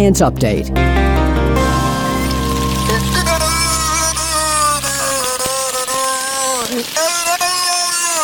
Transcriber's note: whale mimicking human speech